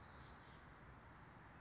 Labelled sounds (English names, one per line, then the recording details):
Oak Titmouse
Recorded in Sonoma County, California